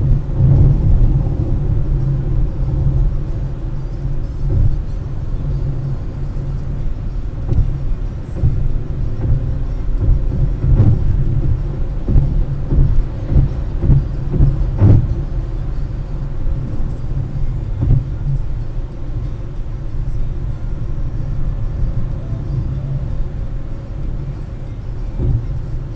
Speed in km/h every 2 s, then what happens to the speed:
129, 126, 126, 129, 133, 135, 135, 132, 123, 120, 118, 120, 118.
0-12 steady at about 129. 12-26 slows to 118.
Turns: none.